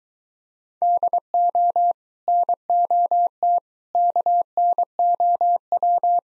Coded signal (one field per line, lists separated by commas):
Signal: Morse code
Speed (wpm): 23 wpm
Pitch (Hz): 700 Hz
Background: none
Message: DO NOT KNOW